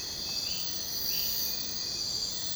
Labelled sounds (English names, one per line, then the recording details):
none
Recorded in secondary vegetation near Puerto Asís, Putumayo, Colombia, on 22 June 2025 at 03:00
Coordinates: 0.484, -76.319
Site G074